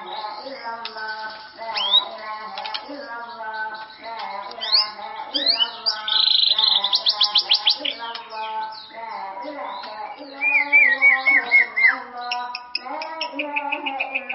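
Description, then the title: White-rumped shama delivering rapid chattering phrases, a loud fast trill and a descending whistled series, mixed with constant low droning tones. "murai batu"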